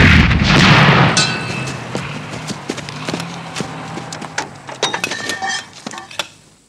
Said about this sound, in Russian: На противоположный берег быстро выезжает танк. Танки! Дуло пушки поворачивается вправо. Огонь!